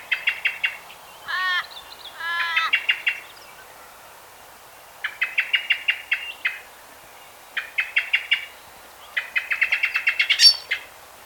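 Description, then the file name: Common blackbird giving sharp, rapid chinking calls in bursts of several notes, with a few ringing notes mixed in early on. "Turdus merula"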